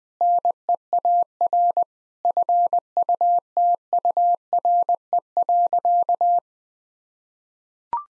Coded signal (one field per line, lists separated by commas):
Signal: Morse code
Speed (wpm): 20 wpm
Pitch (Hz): 700 Hz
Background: none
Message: NEAR FUTURE.